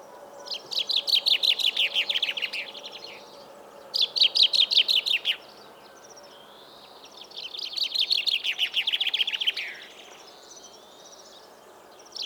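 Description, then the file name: Common chaffinch singing three fast trilled phrases that drop in pitch, with pauses between them. "Fringilla coelebs"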